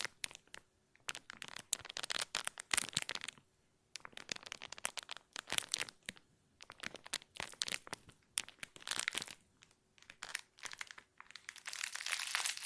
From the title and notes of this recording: ASMR Plastic Crinkle No Talking.